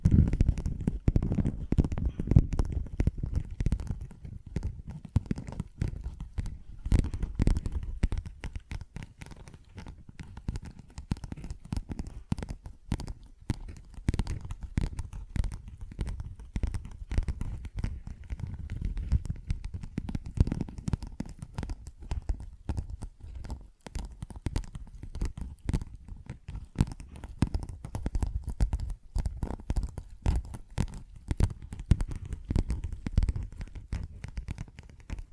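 ASMR tapping and scratching, a dense, busy stream of short taps and rasping scrapes running the whole 35 seconds without pause. The sound sits mostly low and thuddy, with quick crinkly, tearing-like textures on top and swells of heavier rumbling around 0–3 and 20–23 seconds.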